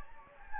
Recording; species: mosquito wingbeat signal from an infrared sensor; Anopheles gambiae